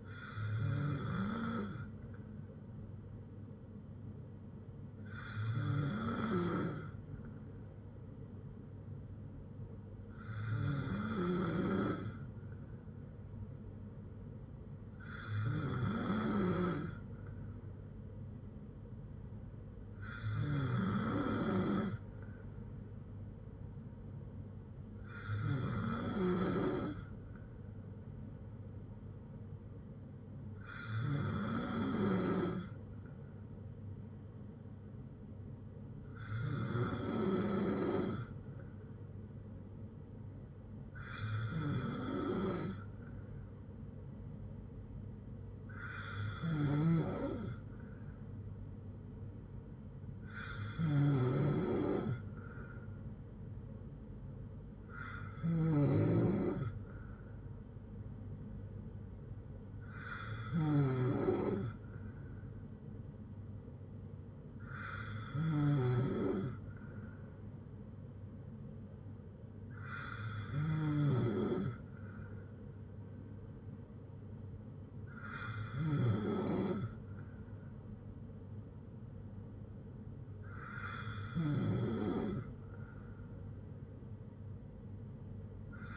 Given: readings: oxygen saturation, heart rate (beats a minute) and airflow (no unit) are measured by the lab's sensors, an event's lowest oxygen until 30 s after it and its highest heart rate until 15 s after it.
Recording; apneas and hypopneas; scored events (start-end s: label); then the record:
breathing in sleep by a smartphone at the bedside; none
81.00-85.97 s: new sleep stage, N3 (deep sleep)
From the record:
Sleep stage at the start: N2 (light sleep); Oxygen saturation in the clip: 93 to 95%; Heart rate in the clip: 54 to 75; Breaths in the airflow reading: 17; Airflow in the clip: -6.0 to 4.3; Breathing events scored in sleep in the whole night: 182 in 7.4 hours asleep